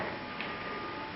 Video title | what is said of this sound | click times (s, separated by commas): Replacing the HDMI card in a Sony Bravia KDL 60R550A | you'll hear a click | 0.4 s